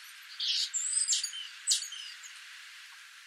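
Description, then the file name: Great tit calling, a few bright chirps and short buzzy notes in a quick uneven cluster, with a soft hiss of background noise. "Parus major"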